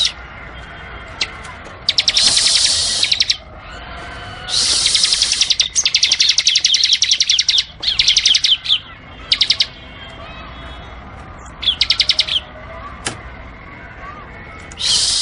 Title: Masteran 2019 Cisem Ciblek Semi Dan Cikris Ciblek Kristal